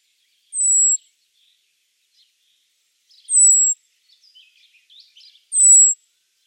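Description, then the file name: Common blackbird thin high whistles, three drawn-out slightly falling notes, with soft twittering sounds between the second and third. "Turdus merula"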